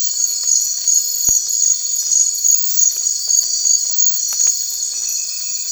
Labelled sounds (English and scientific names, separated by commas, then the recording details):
none
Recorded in secondary vegetation near Puerto Asís, Putumayo, Colombia, on 8 March 2025 at 01:00
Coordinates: 0.499, -76.323
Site G094